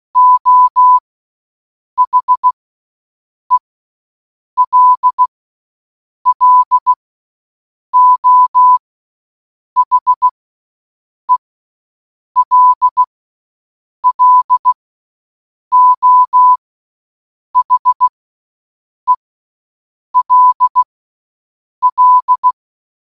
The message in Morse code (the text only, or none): O HELLO HELLO HELL